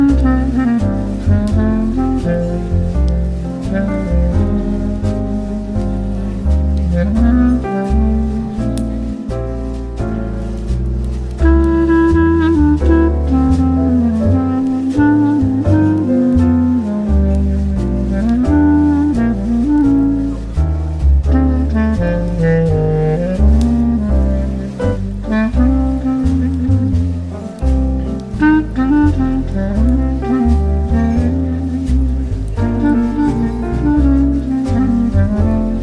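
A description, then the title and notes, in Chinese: Relaxed jazz plays without a break for the whole 36 seconds, holding an even volume. A low bass line moves steadily underneath while a melody winds up and down in the middle range, with soft, quick ticks of percussion running along the top. 咖啡馆氛围与轻松舒缓的爵士音乐。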